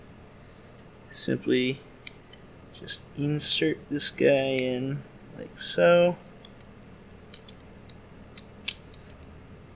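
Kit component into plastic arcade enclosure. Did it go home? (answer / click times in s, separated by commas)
yes / 8.7 s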